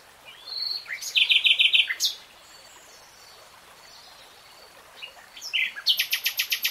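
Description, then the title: Nightingale song: a rapid trilled phrase, a pause, then another run of loud repeated notes, over a soft constant background hiss. Nightingale singing, recorded in real time. "[Tiếng chim hót] 3 Hours REALTIME Nightingale Singing"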